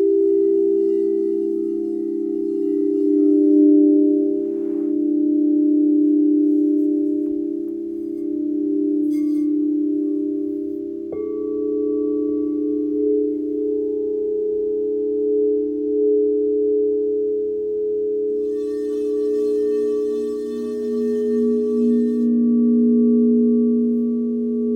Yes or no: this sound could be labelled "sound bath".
yes